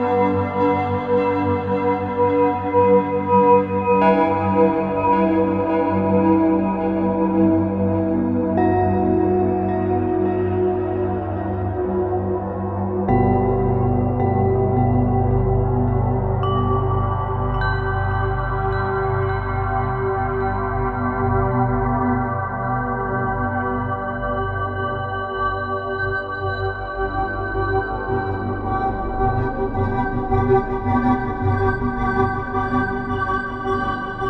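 Layered crystal bowls ring in sustained, shimmering tones that shift to new pitches every few seconds, with a grainy, fluttering texture throughout.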